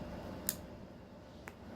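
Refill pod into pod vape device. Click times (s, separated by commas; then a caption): 0.5 s. A plastic refill pod is pushed back into the small body of a Mission pod vape device by Fundamental Particle, giving a sharp click at 0.5 s. A fainter tick follows at 1.5 s, and the pod is seated home.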